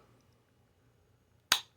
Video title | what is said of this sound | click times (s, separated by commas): Couldn't Wait Anymore Unboxing The Masters of the Universe MasterVerse HORDE TROOPER | right there okay so there you go it snaps into place very very very interesting very cool | 1.5 s